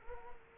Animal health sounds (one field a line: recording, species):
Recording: mosquito wingbeat signal from an infrared sensor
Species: Culex quinquefasciatus